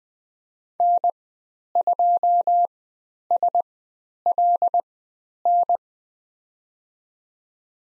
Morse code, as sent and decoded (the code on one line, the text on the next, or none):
-. ..--- ... .-.. -.
N2SLN